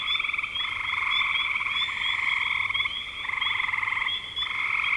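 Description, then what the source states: Chorus of frogs with rapid pulsed trills overlapping almost without break, a constant high-pitched ringing trill running through them. Recorded in spring 2025.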